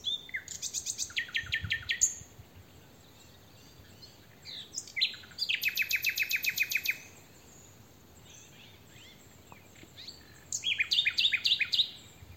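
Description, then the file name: Common nightingale singing rich phrases of rapid repeated notes and rattling trills, separated by quiet gaps of a couple of seconds. "Luscinia megarhynchos"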